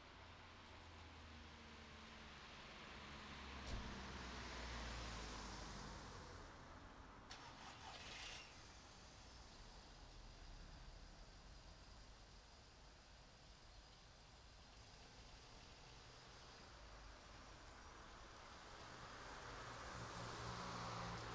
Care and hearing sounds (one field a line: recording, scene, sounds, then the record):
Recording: everyday scene through a hearing-aid microphone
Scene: in traffic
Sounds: traffic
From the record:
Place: city secondary road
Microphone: in the ear canal, right